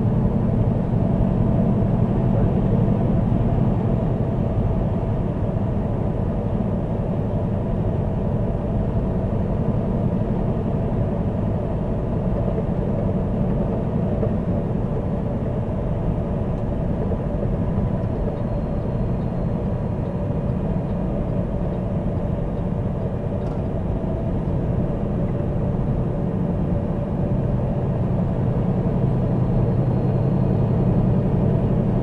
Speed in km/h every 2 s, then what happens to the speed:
106, 106, 106, 106, 106, 106, 106, 106, 105, 105, 103, 101, 101, 100, 101, 103.
0-32 steady at about 105.